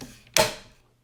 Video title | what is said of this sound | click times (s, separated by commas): IKEA Bjursta Circular Expandable Table | to get snapped into place so it'll stay there | 0.4 s